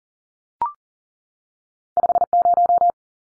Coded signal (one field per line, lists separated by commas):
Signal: Morse code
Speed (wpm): 40 wpm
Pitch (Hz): 700 Hz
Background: none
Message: 50